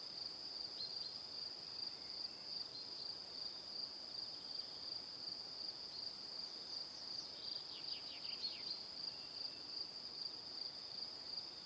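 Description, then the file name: Steady high cricket chirping pulses throughout, joined about two-thirds through by a brief cascade of falling notes. Evening. "Calm - Evening Crickets"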